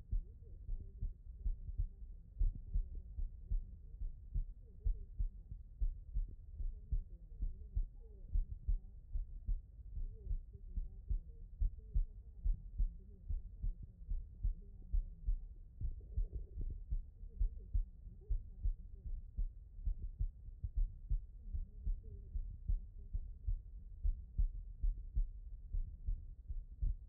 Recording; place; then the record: heart sounds by stethoscope; pulmonary valve (PV)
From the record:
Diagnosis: non-HFrEF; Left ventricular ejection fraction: 45%